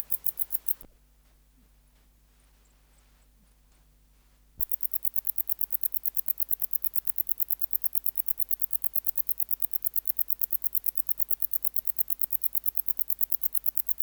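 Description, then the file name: Wart-biter song: a short burst of high ticks, then a pause of nearly four seconds with a few soft taps, then the rapid even ticking resumes to the end. "Decticus verrucivorus"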